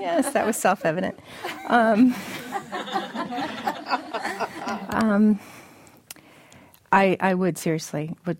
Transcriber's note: sounds of laughter